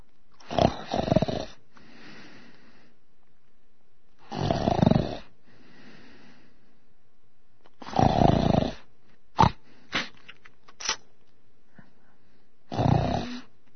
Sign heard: Man snoring soundly.